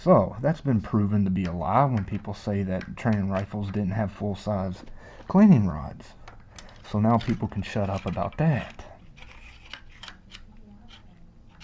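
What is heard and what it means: Someone talks while refitting a full-size metal cleaning rod into its channel under the barrel of a training rifle, in the rifle stock. Light handling noises follow the talk, but the rod has not clicked back into place or seated yet.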